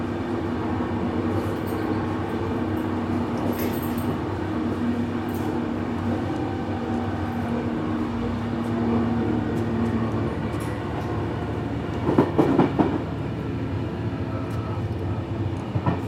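A train rolls along on an evening ride, a steady low rumble and rattle running the whole time with a faint hum underneath. Small clicks and knocks surface now and then, and a brief cluster of louder clatter arrives around twelve seconds.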